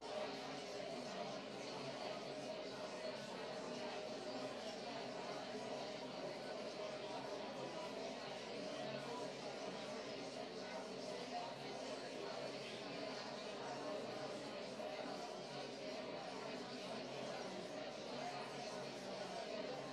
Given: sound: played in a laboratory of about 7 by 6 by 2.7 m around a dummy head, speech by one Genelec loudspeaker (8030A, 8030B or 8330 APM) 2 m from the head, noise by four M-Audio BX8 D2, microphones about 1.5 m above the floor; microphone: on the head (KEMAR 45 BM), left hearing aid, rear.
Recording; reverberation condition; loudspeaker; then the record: babble noise; medium; four, about 170 cm from the corners of the room and facing them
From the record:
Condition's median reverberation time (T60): about 510 ms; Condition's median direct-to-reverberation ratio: about -0.5 dB